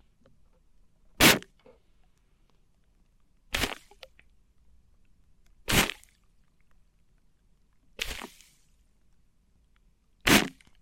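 Tingly sounds from microphones covered with tape come as five short, sharp crackling bursts, spaced about every two seconds. Each burst is crisp and bright, with near silence between them apart from a faint low hum.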